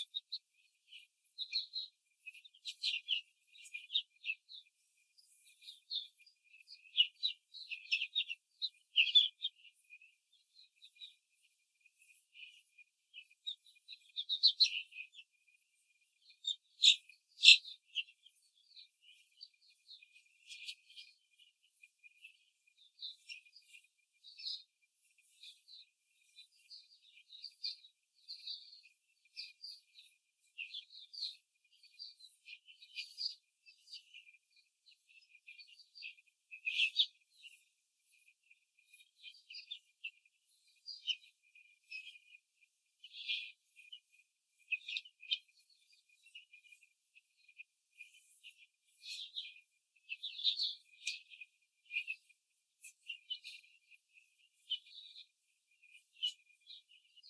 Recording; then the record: young laying hens in a cage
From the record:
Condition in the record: control cage, after the stress test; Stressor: none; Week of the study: 4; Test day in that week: 1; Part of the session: 4